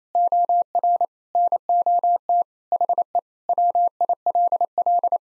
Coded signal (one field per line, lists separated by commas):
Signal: Morse code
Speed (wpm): 27 wpm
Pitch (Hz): 700 Hz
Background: none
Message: OR NOT HE WILL